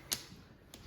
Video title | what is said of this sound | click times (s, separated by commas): Honda CBX1000 - How to Fit Cams Camshafts - The Super Sport Shed | click, click. | 0.1 s, 0.7 s